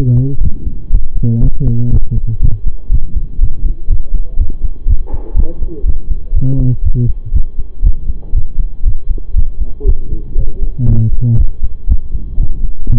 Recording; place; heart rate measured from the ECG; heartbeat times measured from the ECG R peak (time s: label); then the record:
heart sounds by stethoscope; between the tricuspid and mitral areas; 120 bpm
0.41 s: heartbeat
0.91 s: heartbeat
1.41 s: heartbeat
1.91 s: heartbeat
2.41 s: heartbeat
2.90 s: heartbeat
3.39 s: heartbeat
3.88 s: heartbeat
4.38 s: heartbeat
4.87 s: heartbeat
5.35 s: heartbeat
5.84 s: heartbeat
6.33 s: heartbeat
6.83 s: heartbeat
7.32 s: heartbeat
7.83 s: heartbeat
8.33 s: heartbeat
8.84 s: heartbeat
9.35 s: heartbeat
9.85 s: heartbeat
10.36 s: heartbeat
10.87 s: heartbeat
11.37 s: heartbeat
11.88 s: heartbeat
12.38 s: heartbeat
12.88 s: heartbeat
From the record:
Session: pedaling a stationary bicycle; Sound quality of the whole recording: saturated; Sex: male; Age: 25 years